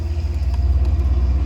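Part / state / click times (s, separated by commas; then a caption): large wiring harness connector into suspension controller socket / not seated / none. A large multi-pin plastic wiring harness connector for a DSC Sport suspension controller on a Porsche 718 is lined up and pushed toward its mating socket on the controller. Only a steady low rumble below about 100 Hz is heard, with no sharp sounds. Nothing has seated or clicked yet.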